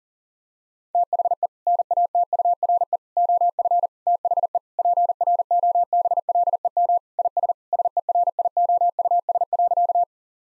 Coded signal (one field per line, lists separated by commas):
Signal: Morse code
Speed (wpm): 40 wpm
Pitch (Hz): 700 Hz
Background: none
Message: THE NATURE OF THE PROBLEM IS SERIOUS.